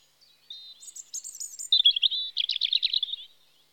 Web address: BBC Sound Effects Library (Birds) Robin (Erithacus Rubecula) Spring